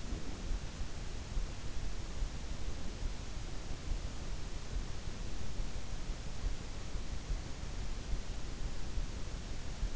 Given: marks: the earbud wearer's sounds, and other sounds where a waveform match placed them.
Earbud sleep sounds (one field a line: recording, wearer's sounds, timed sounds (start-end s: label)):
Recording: sounds in sleep by an in-ear microphone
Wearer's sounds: breath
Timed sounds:
0.00-0.72 s: breath